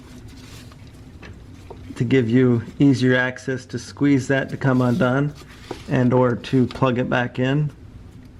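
The plastic electrical connector of the downstream oxygen sensor on a 2015-2023 1.4L Chevrolet Trax is handled near its harness plug while someone talks, with two faint, brief handling sounds at about 0.7 s and 1.7 s. The connector has not yet been pressed in; nothing has clicked or seated yet.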